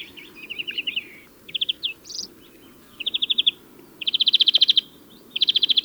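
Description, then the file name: European greenfinch song: rapid trilled twittering phrases repeated in bursts, each a run of quick even notes, with pauses between. "Chloris chloris"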